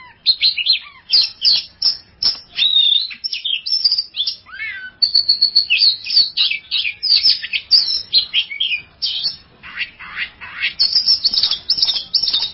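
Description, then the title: Oriental magpie-robin delivering a busy song of high chirps, buzzy trills and a descending whistle, phrases packed closely with a few brief breaks. Champion bird (kacer juara). "Kicau Burung Kacer Juara"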